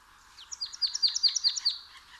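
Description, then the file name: Marsh tit giving a quick series of several sharp, downward-sweeping chips, evenly spaced, against a low hiss. "Poecile palustris"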